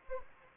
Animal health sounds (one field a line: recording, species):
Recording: mosquito wingbeat signal from an infrared sensor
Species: Anopheles arabiensis